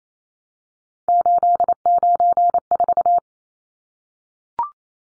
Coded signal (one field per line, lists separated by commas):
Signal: Morse code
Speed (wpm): 28 wpm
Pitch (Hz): 700 Hz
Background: none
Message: 894